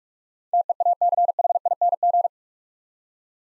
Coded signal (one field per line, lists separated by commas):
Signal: Morse code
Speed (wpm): 44 wpm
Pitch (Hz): 700 Hz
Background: none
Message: TEACHING